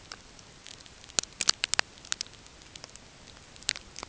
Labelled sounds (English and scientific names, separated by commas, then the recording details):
none
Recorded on Arctic tundra, site NAIT-1, on 20 June 2018
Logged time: 05:00